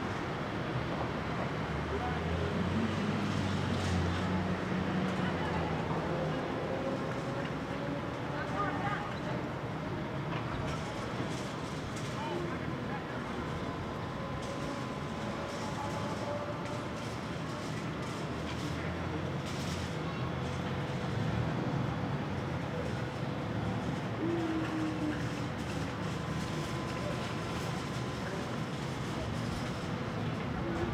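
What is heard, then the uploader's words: Steady city rumble on a Brooklyn roof: dense low traffic and rail drone, faint voices, occasional brief tones and clanks throughout. Ext, Brooklyn Roof.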